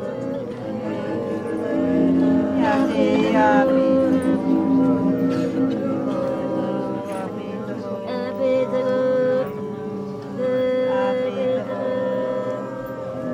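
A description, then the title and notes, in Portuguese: Voices fill the Yawalapiti village in the Xingu region, several people at once, some notes held long and wavering as if sung or chanted. The sound stays dense and steady throughout, swelling slightly around the middle, over a low constant hum. Sound materials recorded between 2012 and 2014 by the composer and music therapist Claudio Vinicius Fróes Fialho (Vinicius Jibhajan) in Yawalapiti Village, in the Xingu river region in Mato Grosso, Brazil. Aldeia Yawalapiti, região do rio Xingu, no Mato Grosso.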